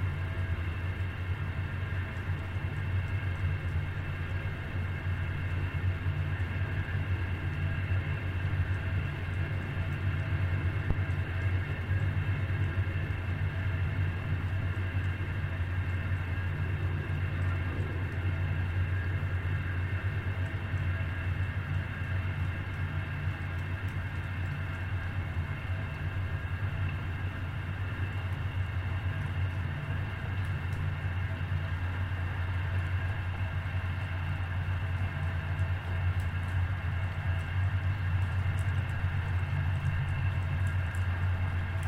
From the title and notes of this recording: An East River Park Sound Walk in New York. The sound of a single recording made while circling the park. The recording played through a transducer and an antique gasoline can.